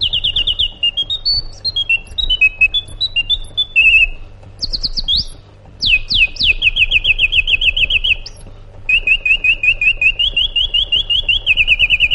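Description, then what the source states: Sooty-headed bulbul singing a long song of bright whistled notes stepping up and down, then fast repeated chirps, over a low background hum. Sooty-headed bulbul called by its Indonesian name kutilang, described as gacor, meaning singing vigorously and continuously.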